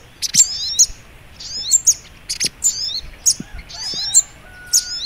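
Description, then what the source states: Little spiderhunter giving short, high, squeaky twitters in quick metallic bursts at irregular intervals over light background hiss. Masteran training recording, labelled Labaik.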